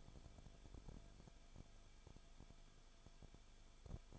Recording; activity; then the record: daily activity, microphone in the room; no activity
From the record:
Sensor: 5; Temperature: 20.4 degrees Celsius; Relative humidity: 39.7%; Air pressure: 1010.8 hPa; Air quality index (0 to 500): 166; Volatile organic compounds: 15 ppm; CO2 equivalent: 2500 ppm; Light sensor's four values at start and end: 2/3/1/1 and 2/3/1/1